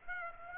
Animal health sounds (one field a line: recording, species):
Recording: mosquito wingbeat signal from an infrared sensor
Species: Aedes aegypti